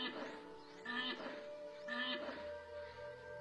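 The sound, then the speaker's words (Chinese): A West African black rhinoceros, a subspecies that went extinct in 2011, gives two short, squealing harmonic calls about a second apart, moderately loud over a steady low hum, with no voices present. “西非黑犀牛于2011年灭绝。”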